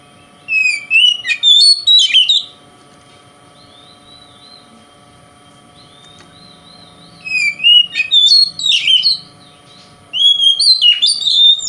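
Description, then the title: Oriental magpie-robin song in three bursts of varied whistles and chirps, separated by quiet pauses. Local name kacer; song described as konslet, said to provoke other magpie-robins. "Kacer Konslet Bikin Kacer Lain"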